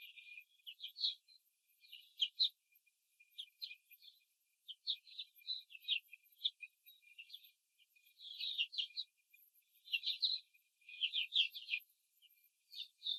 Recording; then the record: young laying hens in a cage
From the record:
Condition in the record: control cage, before the stress test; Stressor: none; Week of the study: 4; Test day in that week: 3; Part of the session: 3